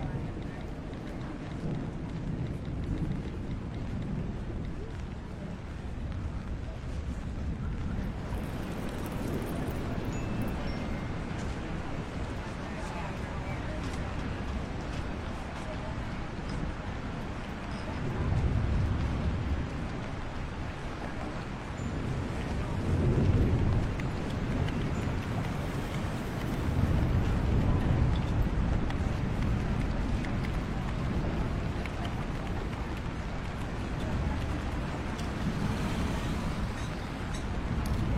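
A street cafe sits in a steady drizzle, with a dense, even hiss of rain over a low, constant rumble. Passing vehicles swell louder around 18, 23 and 27 seconds, and faint murmured voices blend into the busy background.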